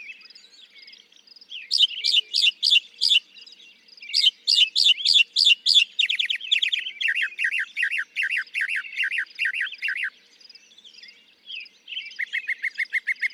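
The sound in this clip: Northern mockingbird song with phrases repeated several times before switching: sharp trilled notes, a long run of descending slurred notes, then a fast repeated series.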